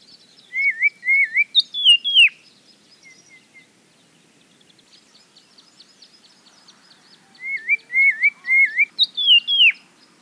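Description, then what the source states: Grey Tit song: three upslurred whistled notes then a sharp descending pair, given twice with a pause, with faint ticking in the background. Recorded near Cape Town, South Africa.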